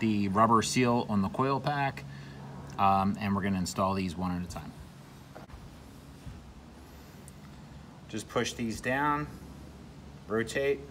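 Someone talks while a greased ignition coil pack, with dielectric grease on its rubber seal, is handled and lined up over the spark plug well of a 2018 Sea-Doo RXT-X 300 personal watercraft engine. During a quieter stretch there are faint brief ticks at about 5.4 and 7.3 seconds. The coil pack has not yet been pushed down, and nothing has seated or clicked yet.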